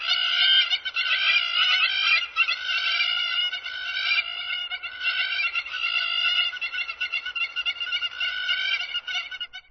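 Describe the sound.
Hamerkop calls: a continuous, fast chatter of nasal, squeaky notes, several per second, rising and falling in loudness with brief gaps near the two-second mark.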